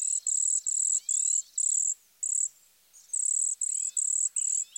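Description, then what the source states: Cedar Waxwing high, thin buzzy zee notes, short even bursts repeated rapidly in two runs with a brief pause between. Repeated example; gregarious birds often traveling in large nomadic flocks; gives a simple, high-pitched zee, zee, zee, with subtle buzzy, high-pitched notes.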